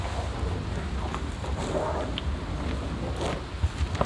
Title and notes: Burg-Reuland, Belgien - Herd of cows on a meadow. Eine größere Herde von Kühen auf einer Wiese. Der Klang ihrer Münder und des Atmens nahe den Mikrofonen